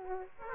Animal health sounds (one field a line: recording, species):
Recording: mosquito wingbeat signal from an infrared sensor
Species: Aedes aegypti